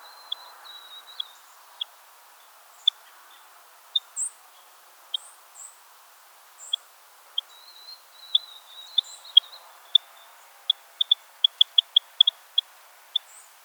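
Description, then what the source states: Purple finch giving crisp high chip notes, sparse at first, then quickening into a rapid run near the end, with faint high whistles and soft background noise. Subspecies Haemorhous purpureus purpureus.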